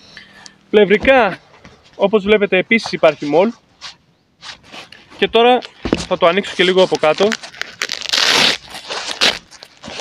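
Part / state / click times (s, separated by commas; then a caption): plastic buckle clip on the plate carrier's side closure / not seated / none. Someone talks while handling the side closure of a "SIERRA" plate carrier, beginning to open its lower part. Sharp handling noises come near 7.6–7.9 s, followed by a rough tearing-like burst around 8.1–8.6 s. The plastic buckle clip on the side closure has not yet clicked shut.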